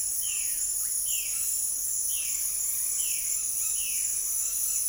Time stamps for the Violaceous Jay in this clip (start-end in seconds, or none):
0.00-4.17